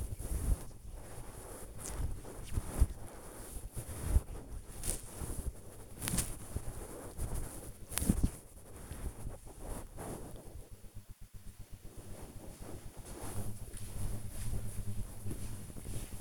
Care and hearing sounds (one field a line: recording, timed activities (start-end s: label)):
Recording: household activities, microphone on the right wrist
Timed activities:
0.00-8.99 s: cream hands